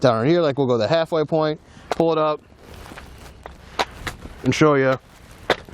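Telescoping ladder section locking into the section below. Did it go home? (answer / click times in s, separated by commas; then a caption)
yes / 5.5 s. A Telesteps telescopic ladder is pulled up from its halfway point so the section above the locked base extends. Someone talks, then quieter handling sounds follow. A sharp hit at 5.5 s marks the telescoping section locking into place on the section below.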